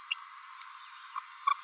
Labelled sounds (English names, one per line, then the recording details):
Green-rumped Parrotlet babbling
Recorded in a nest box in Venezuela
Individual 18B17A3